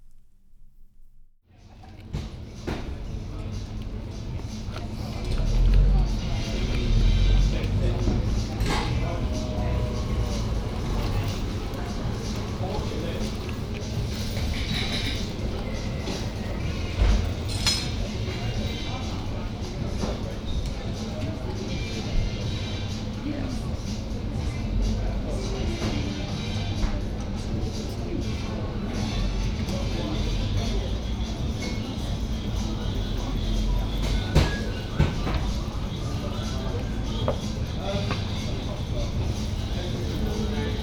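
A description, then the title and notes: Outside facing Lincoln College, steady low traffic rumble fills the air under scattered chatter, with occasional clinks and brief louder bursts throughout. Sitting outside, just to the right of the entrance, facing Lincoln College.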